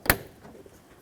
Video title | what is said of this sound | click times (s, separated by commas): How to Replace Front Window Regulator Assemblies 2003-2007 Honda Accord | take this and slide it in position on the inside door handle there, and then lock it in position with a little hook. Listen for a click from that. | 0.1 s